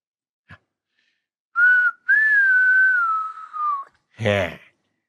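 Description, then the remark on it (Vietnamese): A man lying in a creaking, swaying hammock in a house whistles a short tune: one brief note, then a long sustained, gently wavering tone sliding slightly lower, fairly loud, followed by a short breathy burst at the end. “Ba Sang leo lên võng, đung đưa kẻo kẹt, miệng khuýt sáo gian nhà.”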